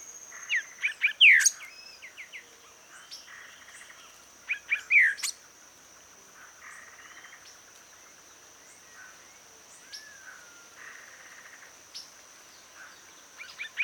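Bird calls: sharp descending whistled notes in pairs, with scattered softer chirps, over a steady high-pitched insect-like hum.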